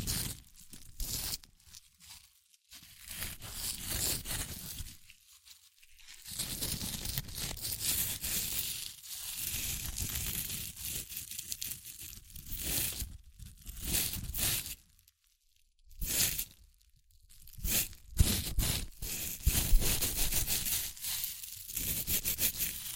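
Crunchy chips being crushed and eaten, a dense run of crackling and crinkling that comes in bursts with short silent gaps around 5, 15 and 16 seconds. The crunching is bright and irregular, with sharper snaps near 19 to 20 seconds.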